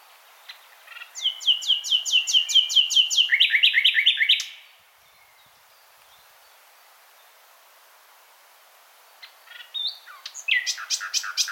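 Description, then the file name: Common nightingale song: a fast volley of sharp repeated notes speeding into a rattle, a long silence, then a new burst of varied phrases. "Luscinia megarhynchos"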